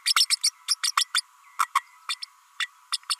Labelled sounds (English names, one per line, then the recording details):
Green-rumped Parrotlet babbling
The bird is a female
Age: 32 days
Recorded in a nest box in Venezuela
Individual 17B32A5